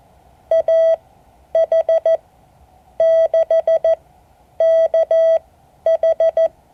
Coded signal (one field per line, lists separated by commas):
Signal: Morse code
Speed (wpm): 14 wpm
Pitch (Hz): 650 Hz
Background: none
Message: AH6KH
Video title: Morse code class 2024-08-04 (7 of 12)